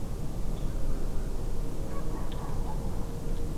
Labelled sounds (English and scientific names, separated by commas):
none